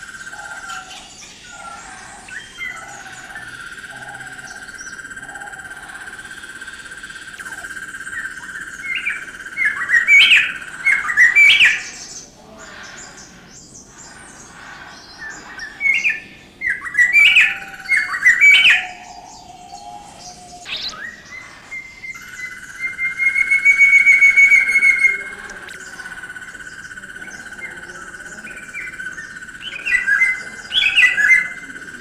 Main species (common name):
White-browed Robin-Chat